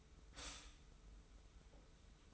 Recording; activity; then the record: daily activity, microphone in the room; stop toaster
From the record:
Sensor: 1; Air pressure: 990.7 hPa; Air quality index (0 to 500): 144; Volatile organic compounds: 861 ppm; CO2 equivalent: 5178 ppm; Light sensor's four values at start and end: 24/57/24/26 and 24/57/24/26